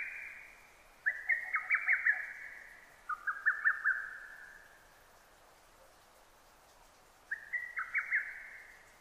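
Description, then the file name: Lesser cuckoo song: hurried whistled phrases of tumbling notes, two close together then another after a gap. Recorded 6 June 2009. "hototogisu-20090606"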